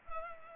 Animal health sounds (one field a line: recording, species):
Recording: mosquito wingbeat signal from an infrared sensor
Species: Culex pipiens